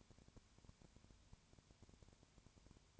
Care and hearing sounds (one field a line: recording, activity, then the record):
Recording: daily activity, microphone in the room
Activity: no activity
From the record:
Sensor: 2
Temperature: 20.3 degrees Celsius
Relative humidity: 33.8%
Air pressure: 1003.1 hPa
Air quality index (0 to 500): 82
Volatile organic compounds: 1 ppm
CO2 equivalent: 786 ppm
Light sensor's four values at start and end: 2/3/2/2 and 2/3/2/2